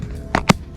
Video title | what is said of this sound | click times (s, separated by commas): Unboxing & Installation Schnail Titan Military grade & leather folio book case iPhone 12 Pro Max | all right two clicks and we're in | 0.3 s, 0.5 s